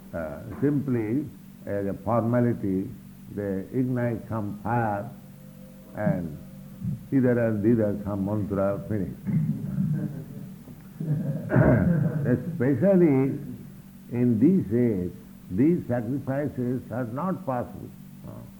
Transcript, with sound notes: Simply as a formality, they ignite some fire and, hither and thither, some mantra—finished. [laughter]
Especially in this age, these sacrifices are not possible.